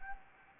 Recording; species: mosquito wingbeat signal from an infrared sensor; Anopheles gambiae